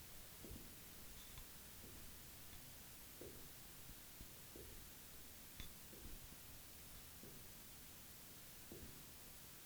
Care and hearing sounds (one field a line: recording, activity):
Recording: daily activity, guitar pickup as the sensor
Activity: jump